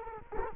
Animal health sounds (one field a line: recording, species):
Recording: mosquito wingbeat signal from an infrared sensor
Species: Culex quinquefasciatus